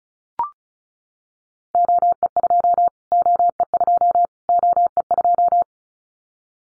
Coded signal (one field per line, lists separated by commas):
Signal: Morse code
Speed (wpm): 36 wpm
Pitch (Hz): 700 Hz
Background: none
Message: OE2 OE2 OE2